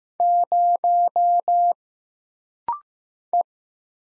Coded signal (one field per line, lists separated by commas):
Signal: Morse code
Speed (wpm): 15 wpm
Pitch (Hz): 700 Hz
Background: none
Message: 0 E